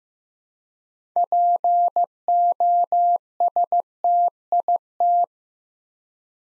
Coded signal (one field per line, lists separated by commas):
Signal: Morse code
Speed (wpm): 15 wpm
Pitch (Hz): 700 Hz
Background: none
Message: POSTIT